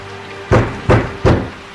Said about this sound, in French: La nuit était tombée, et le baron allait se coucher, plus par ennui que par envie de dormir, lorsque trois coups furent frappés violemment à la porte.